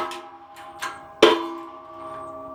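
An old front wheel bearing from a 2001-2005 Honda Civic is pressed out of the steering knuckle with a 20-ton shop press. A few faint knocks and a steady hum lead up to a single loud, sharp pop at 1.2 s as the bearing, which was in there tight, lets go. The pop rings out briefly, and the bearing is released.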